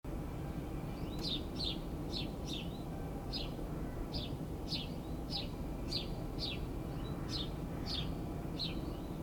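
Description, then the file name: House sparrow calls: sharp, clipped chirps, mostly one to three at a time, spaced fairly evenly throughout against continuous low background noise. "Passer domesticus"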